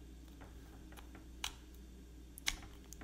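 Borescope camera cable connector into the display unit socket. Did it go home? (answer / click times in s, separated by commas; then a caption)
no / none. A Teslong borescope inspection camera's cable connector is handled at the socket on its handheld display unit, ready to be slid in. Brief sharp taps at about 1.4 s and 2.5 s, with fainter ticks around them, sit over a steady low hum. Nothing has seated or clicked yet by the end of the clip.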